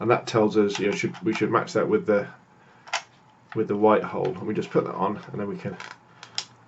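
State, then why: Seated. An M42-to-EOS lens adapter is lined up by its dot with the white mark on the lens mount of a Canon 600D / Rebel T3i DSLR and twisted until its metal bayonet latches home. Someone talks throughout, and a brief knock is heard near 2.9 s. Two sharp clicks at 6.2 s and 6.4 s signal that the adapter has seated in the camera mount.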